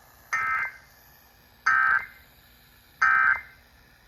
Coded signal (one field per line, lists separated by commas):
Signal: Emergency Alert System (SAME) tones